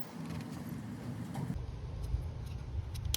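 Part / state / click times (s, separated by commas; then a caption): EVAP hose connector onto purge solenoid / seated / 3.1 s. On a Chevy Equinox/GMC Terrain, the plastic EVAP hose quick-connect fitting is pushed back onto the new purge solenoid over a steady low rumble. A faint tick comes at 3.0 s, then a sharp, loud click at 3.1 s shows the connector is seated.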